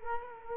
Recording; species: mosquito wingbeat signal from an infrared sensor; Culex quinquefasciatus